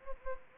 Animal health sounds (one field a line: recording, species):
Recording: mosquito wingbeat signal from an infrared sensor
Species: Anopheles gambiae